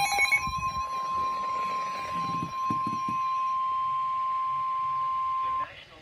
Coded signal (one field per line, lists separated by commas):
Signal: Emergency Alert System (SAME) tones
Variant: 1050 Hz attention tone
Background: speech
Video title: Flash Flood Warning FOR MY COUNTY (EAS 366-367)